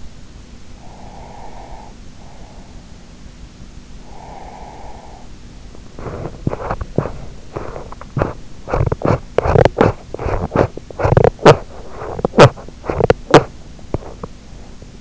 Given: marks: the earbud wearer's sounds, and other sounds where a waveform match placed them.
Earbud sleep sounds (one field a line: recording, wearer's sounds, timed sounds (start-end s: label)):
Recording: sounds in sleep by an in-ear microphone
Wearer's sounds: breath, teeth grinding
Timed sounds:
0.79-3.00 s: breath
3.94-5.85 s: breath
5.98-15.01 s: teeth grinding